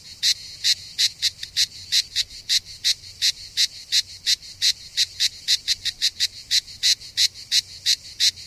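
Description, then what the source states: Cicada buzzing in sharp clicks that fall into an uneven, stuttering rhythm, sometimes doubled, over a quiet background. Recorded 3 September 2009, around 07:33 in the morning.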